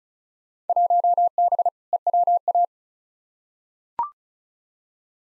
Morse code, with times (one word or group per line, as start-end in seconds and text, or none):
0.7-1.7 1B
1.9-2.6 EWA